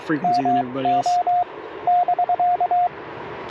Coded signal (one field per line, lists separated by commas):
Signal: Morse code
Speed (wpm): 23 wpm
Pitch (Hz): 710 Hz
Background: speech, radio noise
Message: MO <BK>